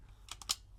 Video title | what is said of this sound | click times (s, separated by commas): Two in the Box - Ghost Trap (FAIL) & P.K.E. Meter - Ghostbusters Haslab - Unboxing and Review | that locks in the place there | 0.5 s